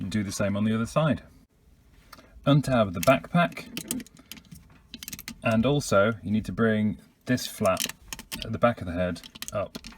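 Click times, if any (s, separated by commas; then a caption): 2.1 s. A plastic arm tab on a transforming robot figure is pressed into the other arm as the arms are squashed together. Someone talks, and between phrases a single sharp tick is heard at 2.1 s as the tab clicks into place, followed by a few more small taps and clicks.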